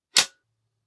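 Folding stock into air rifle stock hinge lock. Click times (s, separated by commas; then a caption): 0.2 s. The folding stock of an Epic 2 air rifle (sub 12 ft-lb) is swung out to its extended position and locks into the stock hinge with one sharp, bright click at 0.2 s, followed by a faint low hum. The stock is seated and locked solid in the extended position, with no movement or wobble.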